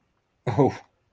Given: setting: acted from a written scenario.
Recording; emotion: vocal sound without words; embarrassment